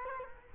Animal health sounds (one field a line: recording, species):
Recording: mosquito wingbeat signal from an infrared sensor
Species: Culex quinquefasciatus